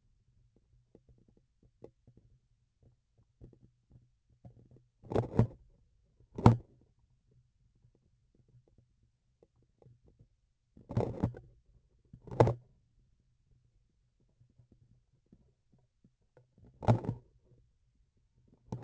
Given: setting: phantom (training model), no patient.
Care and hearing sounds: laparoscopic instrument, vibration sensor on the handle end; grasping forceps; opening and closing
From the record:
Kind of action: tool actuation without material contact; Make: other than Olympus

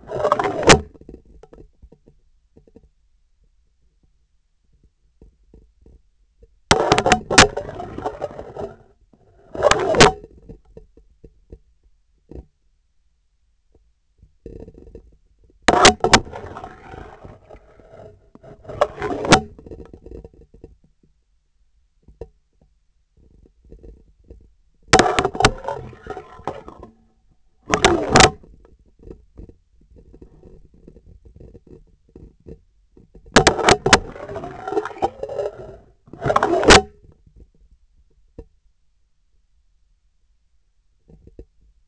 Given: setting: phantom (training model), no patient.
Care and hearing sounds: laparoscopic instrument, vibration sensor on the handle end; scissors; insertion and removal through the trocar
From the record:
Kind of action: spatial motion

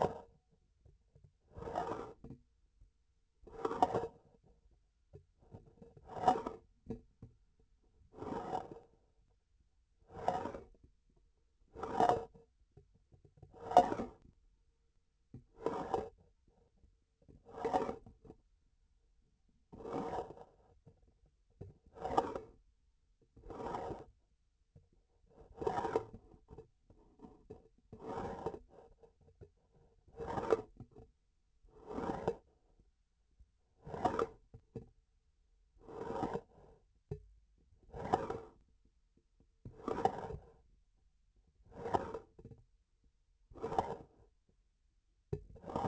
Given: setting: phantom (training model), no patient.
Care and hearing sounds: laparoscopic instrument, vibration sensor on the handle end; grasping forceps; approaching and retracting movements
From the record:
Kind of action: spatial motion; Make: Olympus

